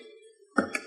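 A wiring harness connector is pushed onto the port of a DSC Sport suspension controller with slots and pegs during an installation on a Cayman GT4. After a faint, low steady hum, two sharp clicks ring out at 0.6 s and 0.8 s. The connector is fully engaged, with the pegs sitting in the slots.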